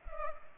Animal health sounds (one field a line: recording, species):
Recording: mosquito wingbeat signal from an infrared sensor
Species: Culex pipiens